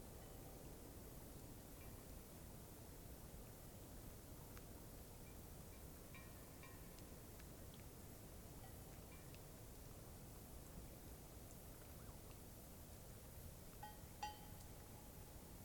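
A cloudy night beside Taylor Lake carries a steady, dense low rush, like wind or water, unchanging through the whole recording. Faint scattered ticks and brief chirps break through now and then, mostly after six seconds, with one sharp click near fourteen seconds.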